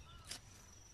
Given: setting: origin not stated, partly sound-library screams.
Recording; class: one-second piece from a danger detection set; normal situation